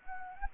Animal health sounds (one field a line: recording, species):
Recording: mosquito wingbeat signal from an infrared sensor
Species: Anopheles gambiae